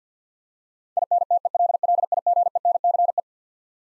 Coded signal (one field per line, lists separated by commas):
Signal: Morse code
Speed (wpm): 45 wpm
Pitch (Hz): 700 Hz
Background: none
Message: INTELLIGENCE